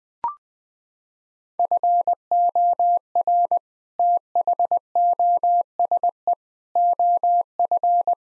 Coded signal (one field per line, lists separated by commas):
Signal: Morse code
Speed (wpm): 20 wpm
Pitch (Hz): 700 Hz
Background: none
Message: FOR THOSE OF